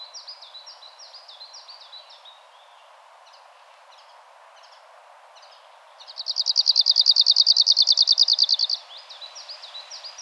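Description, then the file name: Arctic warbler song, a fast, dry, even trill of rapidly repeated notes lasting nearly three seconds, preceded and followed by sharper chirping notes, over a steady background hum. "Nordsangare"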